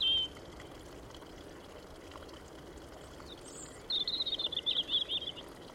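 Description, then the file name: European robin: a single high note, then after a pause a quick, trilling run of thin, sputtering notes, with a soft steady hiss throughout. "Erithacus rubecula"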